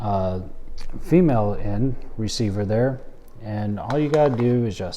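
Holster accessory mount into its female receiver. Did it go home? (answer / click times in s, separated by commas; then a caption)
no / none. Someone talks while handling a Bladetech holster accessory mount with interlocking teeth and its female end receiver, about to slide the mount on. Nothing has seated or clicked yet; the clip ends just before the mount goes home.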